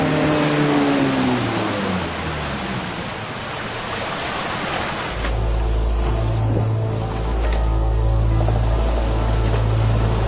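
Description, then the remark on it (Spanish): The engine of a motor launch sent from the ship HMS London toward a yacht on the Atlantic, its droning harmonics sliding lower over the first few seconds before settling into a steady, heavy low rumble with a wash of noise above it. “El HMS Londres envió una lancha.”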